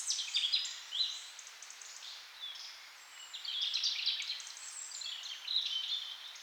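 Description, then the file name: Birds singing, dense high twittering and warbled phrases overlapping, with a brief lull in the middle before the chorus picks up again. "melodiez vogels"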